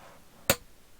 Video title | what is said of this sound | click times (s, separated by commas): Tesla Model Y/3 Carbon Fiber Seat Back Install | you can kind of push on this if it feels like you need to kind of go one way or another and then just push until you hear the snap | 0.5 s